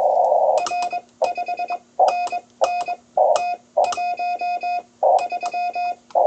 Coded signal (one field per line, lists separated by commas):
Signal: Morse code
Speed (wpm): 22 wpm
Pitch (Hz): 2500 Hz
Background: radio noise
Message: R 5 N N T 1 3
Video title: ROMANIA QRP 15M CW QSO WITH YP9W